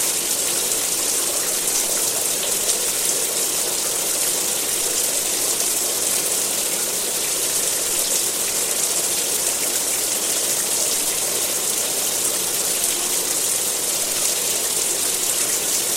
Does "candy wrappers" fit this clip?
no